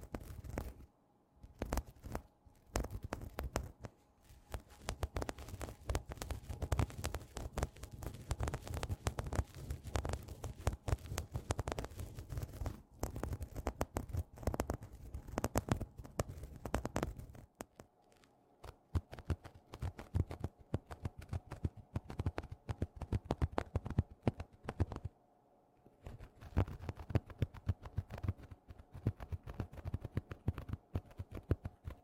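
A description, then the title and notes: Close, dense scratching on a textured cushion, rapid rough strokes with short pauses near 1, 17 and 25 seconds, lighter toward the end. TimASMR-Mini-Scratching on Tapestry Cushions in Macro (NO TALKING).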